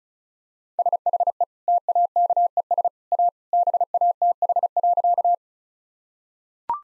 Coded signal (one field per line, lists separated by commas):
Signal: Morse code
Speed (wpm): 36 wpm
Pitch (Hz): 700 Hz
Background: none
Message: SHE TAKES A BATH.